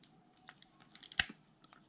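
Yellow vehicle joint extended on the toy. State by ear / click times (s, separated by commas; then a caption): seated / 1.2 s. The joint on the yellow vehicle of a Soul of Chogokin GX-88 Voltron Vehicle Force Dairugger XV toy is pushed out to its combining position, with a few small plastic ticks along the way. It clicks into place at 1.2 s with a sharp snap, and the part is seated.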